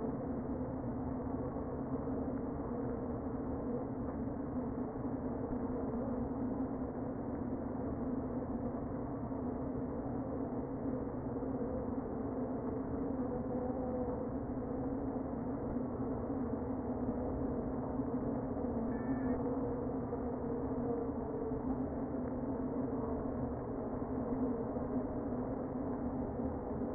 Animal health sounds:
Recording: honeybee colony, microphone inside the hive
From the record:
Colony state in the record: queen present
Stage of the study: before two queens were removed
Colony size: about 60,000 bees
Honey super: yes

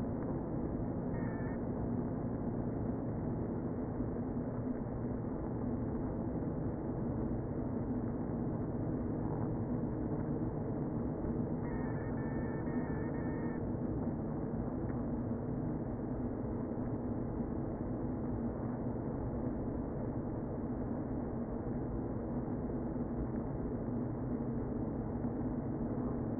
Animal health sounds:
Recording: honeybee colony, microphone inside the hive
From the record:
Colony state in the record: queen present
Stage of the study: before two queens were removed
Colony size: about 60,000 bees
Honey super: yes

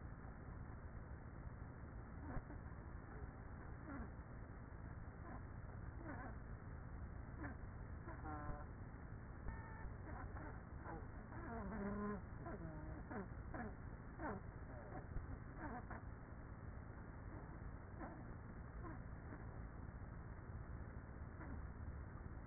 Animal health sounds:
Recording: honeybee colony, microphone inside the hive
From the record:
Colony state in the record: queenless with a low population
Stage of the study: after two queens were removed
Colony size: about 30,000 bees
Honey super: no

